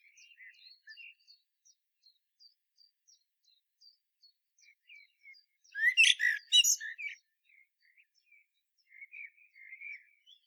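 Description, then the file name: Common blackbird: a brief loud burst of high squeaky twitters in the middle, framed by quiet, evenly spaced ticking notes and soft warbles. "Turdus merula"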